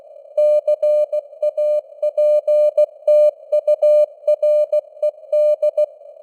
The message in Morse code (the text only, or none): CAPTURED